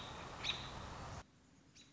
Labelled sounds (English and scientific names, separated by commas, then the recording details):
American Robin (Turdus migratorius)
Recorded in Sonoma County, California